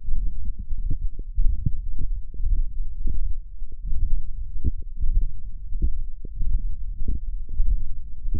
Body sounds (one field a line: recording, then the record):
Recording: forearm muscle sounds (acoustic myography)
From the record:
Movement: hook grip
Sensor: system 1, eight BSWA MPA416 microphones around the upper forearm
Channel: 8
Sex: male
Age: 21 years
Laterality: right